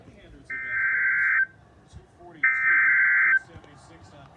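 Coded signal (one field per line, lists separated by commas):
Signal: Emergency Alert System (SAME) tones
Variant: header bursts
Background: speech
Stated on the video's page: Alerts received from NOAA Weather Radio stations and AM and FM broadcast stations.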